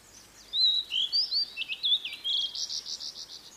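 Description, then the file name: Blue-and-white flycatcher song: slurred whistled notes rising and falling, finishing with a series of buzzy rasping pulses. "oruri"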